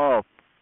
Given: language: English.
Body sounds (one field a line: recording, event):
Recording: throat vibration sensor signal played as sound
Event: speech